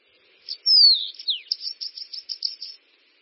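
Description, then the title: Bananaquit song: a high, thin whistle sliding downward, then a quick run of buzzy, wheezy notes, a little over two seconds long, in quiet surroundings. "Canto De Cambacica"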